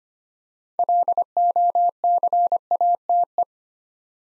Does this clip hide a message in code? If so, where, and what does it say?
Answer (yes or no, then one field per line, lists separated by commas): yes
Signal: Morse code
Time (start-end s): 0.8-3.4 s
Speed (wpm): 25 wpm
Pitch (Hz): 700 Hz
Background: none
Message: LOCATE